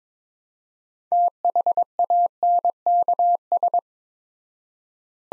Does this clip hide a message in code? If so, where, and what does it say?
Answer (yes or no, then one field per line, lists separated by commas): yes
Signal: Morse code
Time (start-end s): 1.1-3.8 s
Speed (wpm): 22 wpm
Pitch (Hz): 700 Hz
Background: none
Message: THANKS